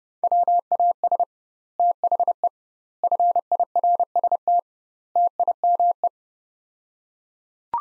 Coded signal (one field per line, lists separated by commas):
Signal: Morse code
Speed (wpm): 30 wpm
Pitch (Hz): 700 Hz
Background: none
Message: WAS THE FIRST TIME